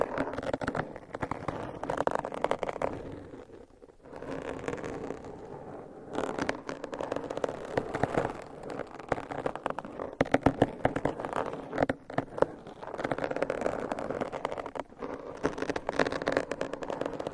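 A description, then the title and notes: Fingernails scratch across a microphone cover in a dense, raspy stream of rapid crackling strokes. The scratching runs almost continuously, easing briefly around four and six seconds before resuming, with a low steady rumble underneath. ASMR Mic Scratching Brain Scratching with 50 DIFFERENT MICSCovers & Nails No Talking.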